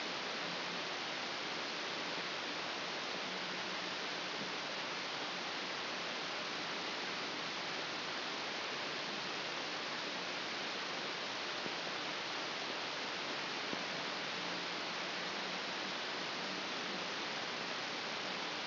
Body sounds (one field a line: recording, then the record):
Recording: brain microelectrode recording played as sound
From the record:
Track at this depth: inside the subthalamic nucleus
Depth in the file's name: 4.121 mm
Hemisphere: left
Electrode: 2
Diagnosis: Parkinson's disease